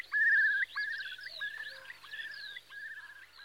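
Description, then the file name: Eurasian curlew trilling calls, an opening wavering trill followed by overlapping fluty, bubbling notes that slide up and down throughout. "Storspov"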